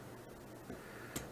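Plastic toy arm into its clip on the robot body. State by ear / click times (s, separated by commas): seated / 1.2 s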